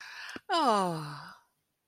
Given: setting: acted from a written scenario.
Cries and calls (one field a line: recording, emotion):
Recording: vocal sound without words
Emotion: romantic love